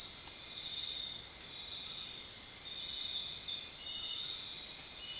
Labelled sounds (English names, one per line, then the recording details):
none
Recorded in secondary vegetation near Puerto Asís, Putumayo, Colombia, on 25 June 2025 at 21:00
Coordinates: 0.499, -76.323
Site G077